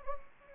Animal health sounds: mosquito wingbeat signal from an infrared sensor; Anopheles gambiae

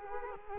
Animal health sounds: mosquito wingbeat signal from an infrared sensor; Culex quinquefasciatus

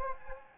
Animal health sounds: mosquito wingbeat signal from an infrared sensor; Anopheles gambiae

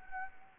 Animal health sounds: mosquito wingbeat signal from an infrared sensor; Anopheles gambiae

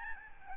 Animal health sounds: mosquito wingbeat signal from an infrared sensor; Aedes albopictus

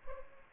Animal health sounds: mosquito wingbeat signal from an infrared sensor; Culex pipiens

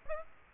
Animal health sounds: mosquito wingbeat signal from an infrared sensor; Aedes aegypti

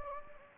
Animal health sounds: mosquito wingbeat signal from an infrared sensor; Anopheles gambiae

